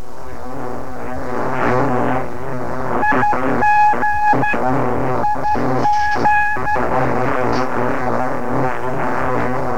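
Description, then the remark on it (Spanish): Shortwave radio jamming from powerful transmitters on the same frequencies as the targeted broadcasts, blocking reception: a steady, loud, bee-like buzzing drone fills the whole stretch, broken twice by bursts of rapid, higher-pitched pulsing tones. No voices are heard. “Estos sonidos, en forma de abejas, bloquean la transmisión y no permiten o dificultan la escucha.”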